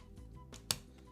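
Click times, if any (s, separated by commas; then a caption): 0.7 s. A top assembly of plastic building bricks is pressed onto a Mega Halo UNSC Kodiak Siege brick vehicle model, with a faint tick at 0.5 s before a sharp snap at 0.7 s as the pieces click into place. The top section seats onto the model over a low, steady background hum.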